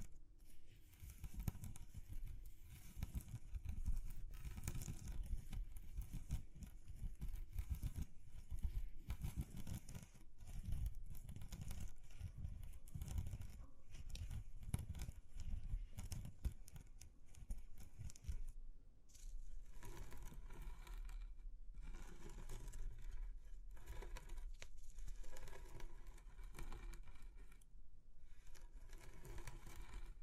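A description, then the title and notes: A rough, grainy texture of scraping and crackling, heavy in the low end and constantly flickering for the first eighteen seconds or so. After a brief break it returns thinner and brighter, with short silent gaps near 21 and 28 seconds. ASMR Exploring Textures (No Talking).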